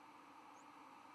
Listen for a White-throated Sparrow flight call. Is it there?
no